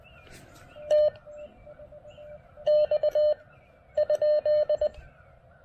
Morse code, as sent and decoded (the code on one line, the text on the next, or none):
- / -..- / ..--..
T X ?